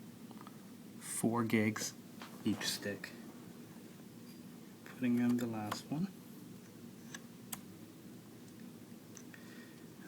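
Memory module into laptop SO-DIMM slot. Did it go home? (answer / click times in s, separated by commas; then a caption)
yes / 7.5 s. Someone talks while the last 4 GB memory stick is inserted into a MacBook Pro laptop's SO-DIMM slot and pressed down until the retaining clips catch. A few faint ticks follow the talk. The module snaps into place with a sharp click at 7.5 seconds and is seated.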